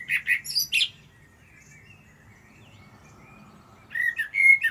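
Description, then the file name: Common blackbird song: the squeaky high tail of one phrase, a quiet gap, then a new rich, fluting warble starting, over faint low background noise. "Turdus merula"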